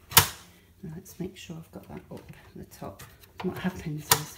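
The looper threading click lever on a Lock M343D overlocker, upgraded from a Brother 1034D serger, is operated so that it comes out, giving a single sharp click at 0.2 s. The lever is released, and afterwards someone talks.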